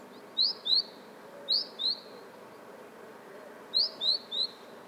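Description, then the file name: Great tit calling with sharp, high notes in twos and threes, the groups spaced roughly a second or more apart against a quiet background. "Parus major"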